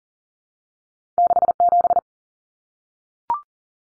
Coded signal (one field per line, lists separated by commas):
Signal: Morse code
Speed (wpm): 40 wpm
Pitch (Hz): 700 Hz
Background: none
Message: 67